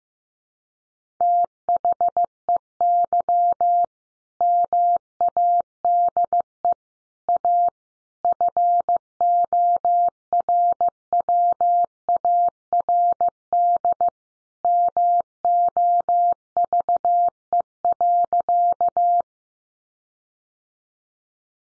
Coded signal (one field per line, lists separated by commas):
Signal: Morse code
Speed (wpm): 15 wpm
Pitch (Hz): 700 Hz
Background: none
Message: THEY MADE A FORWARD MOVE.